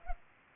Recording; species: mosquito wingbeat signal from an infrared sensor; Culex pipiens